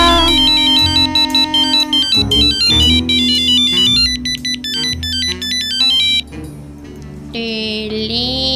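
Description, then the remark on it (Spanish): A bright, electronic phone ringtone plays a looping melodic tune of rapid high beeping notes over a steady synthetic backing, shifting to a sustained warbling tone near the end. No talking. “Teléfono.”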